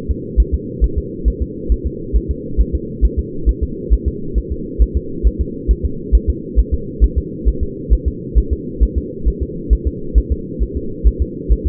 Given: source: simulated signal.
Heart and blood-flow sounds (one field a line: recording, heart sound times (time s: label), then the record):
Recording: fetal heart sounds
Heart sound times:
0.11 s: S2
0.40 s: S1
0.54 s: S2
0.84 s: S1
0.98 s: S2
1.28 s: S1
1.42 s: S2
1.72 s: S1
1.87 s: S2
2.16 s: S1
2.31 s: S2
2.60 s: S1
2.75 s: S2
3.05 s: S1
3.19 s: S2
3.49 s: S1
3.63 s: S2
3.93 s: S1
4.08 s: S2
4.38 s: S1
4.52 s: S2
4.82 s: S1
4.97 s: S2
5.27 s: S1
5.41 s: S2
5.71 s: S1
5.85 s: S2
6.15 s: S1
6.30 s: S2
6.59 s: S1
6.74 s: S2
7.04 s: S1
7.18 s: S2
7.48 s: S1
7.63 s: S2
7.93 s: S1
8.08 s: S2
8.38 s: S1
8.53 s: S2
8.83 s: S1
8.98 s: S2
9.28 s: S1
9.43 s: S2
9.73 s: S1
9.87 s: S2
10.18 s: S1
10.32 s: S2
10.62 s: S1
10.77 s: S2
11.07 s: S1
11.22 s: S2
11.52 s: S1
11.67 s: S2
From the record:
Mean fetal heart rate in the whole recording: 135 bpm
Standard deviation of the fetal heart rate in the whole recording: 3 bpm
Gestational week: 34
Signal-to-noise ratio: -4.3 dB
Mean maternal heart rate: 72 bpm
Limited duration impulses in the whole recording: absent